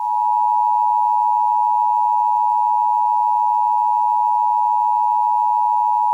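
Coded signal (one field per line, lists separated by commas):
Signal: Emergency Alert System (SAME) tones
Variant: 853 and 960 Hz attention tone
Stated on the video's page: Personally captured real EAS alerts.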